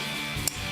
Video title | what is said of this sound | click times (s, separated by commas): MILLION DOLLAR MOPAR: 71 CUDA CONVERTIBLE 1 OF 8 MADE. | so when you hear that click um that means you're you're to torque | 0.5 s